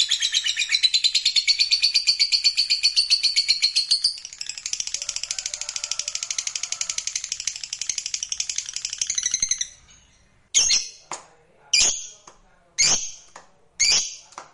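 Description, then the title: Lovebird song, long fast shrill chatter that stops abruptly, followed by four loud, sharp single chirps about a second apart. Lovebird song used to stimulate other lovebirds. "Suara Lovebird"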